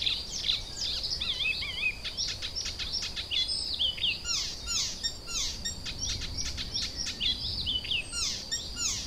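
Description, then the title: Icterine warbler singing continuously, a dense jumble of sharp chirps, buzzy notes and quick whistled slurs, with a constant thin high tone behind. Kirchdorf, Germany. "Kirchdorf, Deutschland - Gelbspötter"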